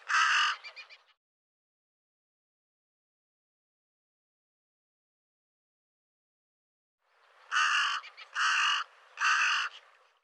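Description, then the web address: Bird giving one rough call, then a long pause before a run of three hoarse, evenly spaced calls. "cianscape birddata Deverinetal 2025"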